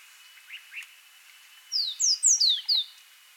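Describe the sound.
Yemen serin singing a quick phrase of five high, downslurred notes, preceded by two softer rising chirps.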